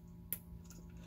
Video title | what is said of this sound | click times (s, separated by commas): Single Engine Plug & Play Perfect Pass Installation Video for Yamaha Boats | we know that it's got a good bite now because it snapped down | 0.3 s